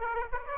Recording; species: mosquito wingbeat signal from an infrared sensor; Aedes aegypti